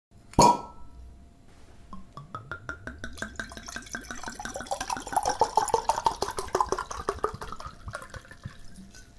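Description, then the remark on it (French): Wine glugs from a bottle into glasses after a sharp initial clink, a steady run of bubbly pulses whose pitch rises as the glass fills, with no voices. “Les verres étant emplis, l'on trinqua et l'on but.”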